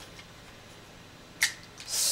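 The first small plastic arm that lifts the disc transport is pushed into its mount in a PS3 Blu-ray drive during reassembly. It snaps into place with a sharp click at 1.4 s, and a softer sound follows at 1.8 s. The arm is seated.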